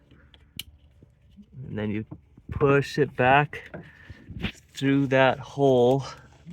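A plastic cap is lined up by its indent with the indent on a replacement ignition switch for a 2005–2008 Polaris Ranger UTV and pushed on until it seats, giving a sharp, loud click at 0.6 s after two faint ticks. Someone then talks for the rest of the clip.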